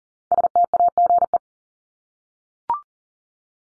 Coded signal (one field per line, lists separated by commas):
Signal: Morse code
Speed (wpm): 40 wpm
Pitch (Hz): 700 Hz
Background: none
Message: STAGE